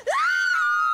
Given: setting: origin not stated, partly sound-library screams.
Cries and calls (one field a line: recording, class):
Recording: one-second piece from a danger detection set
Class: woman in danger